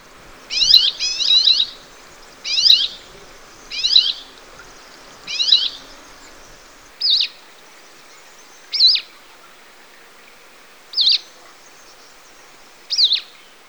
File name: Petronia petronia